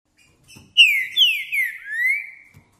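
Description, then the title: Green-winged saltator song: a loud phrase of four rich, slurred whistles, the first three sliding downward and the last rising before fading. Singing in a contest setting, with chirping and male display singing; the song style is called "perdi meu boi". "Piando, Cantando E Macheando Na DISPUTA. PERDI MEU BOI! Trinca Ferro CANTANDO e MACHEANDO!"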